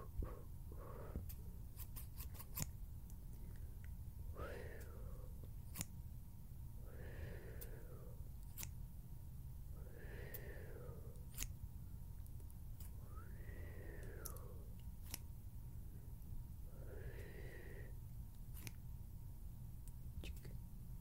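Scissors open and close in a slow, even rhythm, about every two and a half seconds, each stroke a brief rising-and-falling metallic swish. Sharp little clicks and snaps dot the clip, clustered early, over a steady low rumble.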